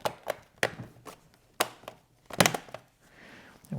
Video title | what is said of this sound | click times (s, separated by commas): HP Laptop Not Charging ~ DC Power Input Charging Jack Cable Assembly Replacement (ENVY & Pavilion) | you've got it snapped back in just go around and seat all of these screws just like you took them off | 0.6 s, 1.6 s, 2.4 s